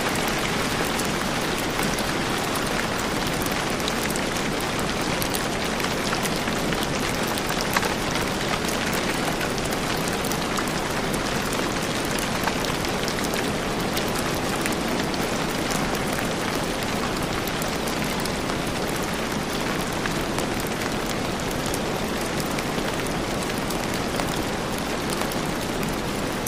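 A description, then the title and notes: A rainstorm pours down in a dense, unbroken hiss of rain hitting surfaces, steady from start to finish. The sound fills everything from low rumble to bright crackle, with countless tiny drop impacts and no distinct events standing out. Dreamy Rain Sleep Sounds | Relaxing Rainstorm White Noise.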